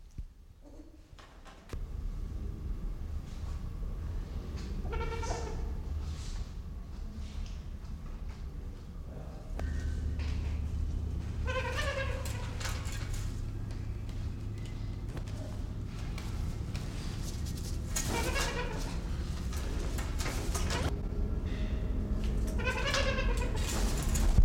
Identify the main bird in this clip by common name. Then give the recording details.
Trumpeter Hornbill. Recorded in captivity. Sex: female. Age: adult. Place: Zoo Berlin, Berlin, DE. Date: 1992-12-25 11:47. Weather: heiter, -7°C. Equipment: Marantz CP 430, Sennheiser ME 80, Kopie Uher Variocord 263. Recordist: Tembrock, Günter